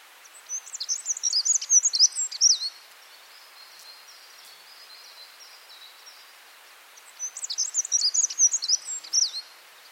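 Black-throated accentor song: two hurried, high twittering phrases of scratchy warbled notes, separated by several seconds of quiet background hiss.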